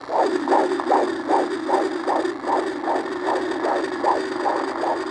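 A baby's heartbeat in the womb: rapid, regular whooshing pulses at about 154 a minute, as heard through a Doppler ultrasound. The rate falls within the usual fetal range. A steady hiss runs underneath.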